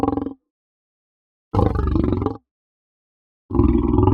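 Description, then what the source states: Lion growls: three deep, rough, rasping bursts, each under a second long, separated by silent pauses of over a second. Soft growl.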